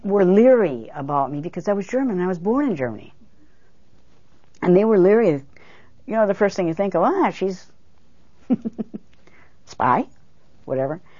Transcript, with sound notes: were leery about me because I was German, I was born in Germany. And hey were leery, you know, the first thing you think of, "Ah, she's, (she laughs) she's a spy." Whatever.